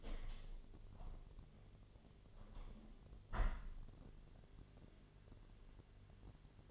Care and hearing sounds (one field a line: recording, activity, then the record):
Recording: daily activity, microphone in the room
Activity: open window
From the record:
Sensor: 4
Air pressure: 1007.4 hPa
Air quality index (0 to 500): 199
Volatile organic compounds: 7 ppm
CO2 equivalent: 1989 ppm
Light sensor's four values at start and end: 23/73/28/27 and 24/74/28/27